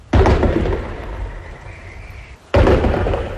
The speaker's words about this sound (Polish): Armatka strzela wtedy, kiedy zanosi się na burzę z gradem. Czasem zostaje uruchomiona w środku nocy. Wystrzały trwają nawet godzinę.